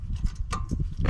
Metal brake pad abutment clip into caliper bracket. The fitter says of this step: that snaps right in all right